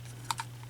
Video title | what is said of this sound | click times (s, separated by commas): 2000 BURGER KING THE RUGRATS BIG KIDS' MEAL SET OF 8 TOYS VIDEO REVIEW | So this is the base here. So we'll click it onto here, | 0.3 s, 0.4 s